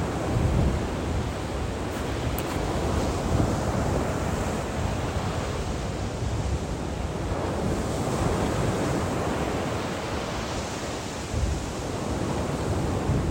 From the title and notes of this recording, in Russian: Волны и ветер февраля. Звуки ветра и волн. Черное море в феврале особенно освежает ум.